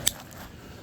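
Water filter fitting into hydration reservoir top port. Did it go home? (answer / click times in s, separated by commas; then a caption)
yes / 0.1 s. A regular fitting on a water filter is pushed into the top port of a hydration reservoir and seats with a single sharp, bright pop at 0.1 s. A faint, softer tick follows around 0.3 s, and then there is only low background hiss.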